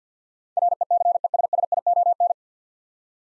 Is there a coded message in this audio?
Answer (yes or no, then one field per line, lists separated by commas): yes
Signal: Morse code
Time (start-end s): 0.6-2.3 s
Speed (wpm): 50 wpm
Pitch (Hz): 700 Hz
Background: none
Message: RECESSION